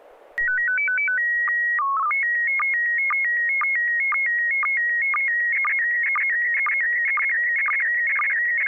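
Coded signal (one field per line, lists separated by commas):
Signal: SSTV (slow-scan television)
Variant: PD 120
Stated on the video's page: SSTV net on a 441.300 MHz FM repeater, images sent with MMSSTV.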